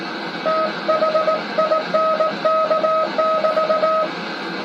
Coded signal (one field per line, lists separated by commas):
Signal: Morse code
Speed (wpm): 19 wpm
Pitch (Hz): 1270 Hz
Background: none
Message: THINK<BT>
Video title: Morse Code And AM Contact On Old 1950's Transmitter